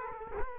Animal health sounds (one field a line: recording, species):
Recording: mosquito wingbeat signal from an infrared sensor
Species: Culex quinquefasciatus